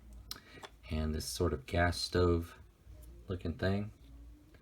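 A small plastic "gas stove" accessory is handled near its mount on a Toys Alliance Flame Roar or Lightning Thunder toy motorcycle while someone talks, with a few brief plastic ticks near the start. Nothing has seated or clicked into place yet.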